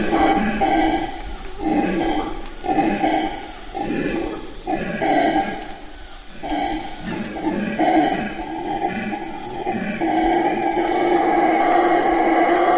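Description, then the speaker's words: Howler monkeys roaring in loud, pulsing waves that rise and fall repeatedly. Howler monkeys in the tropical forest of French Guiana; they howl mostly at night; very intense sound, often heard before the monkeys are seen. "Je vais vous faire écouter un enregistrement de singes hurleurs. Alors, les singes hurleurs hurlent plutôt la nuit, et c'est un son qui est mémorable"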